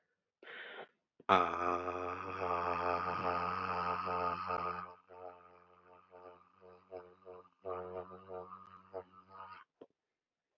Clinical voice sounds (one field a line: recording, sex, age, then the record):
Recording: vowel held as long as possible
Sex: male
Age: 30 to 39 years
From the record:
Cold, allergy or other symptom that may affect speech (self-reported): no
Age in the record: 33 years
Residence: Rhode Island, United States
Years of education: 12